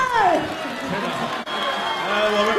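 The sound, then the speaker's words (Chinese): An audience claps, calls out and jeers in a dense, steady wash of crowd noise, while a man's voice talks loudly over the top throughout. “别鼓掌。 啊，起哄啊！”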